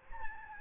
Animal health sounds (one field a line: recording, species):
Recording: mosquito wingbeat signal from an infrared sensor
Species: Aedes albopictus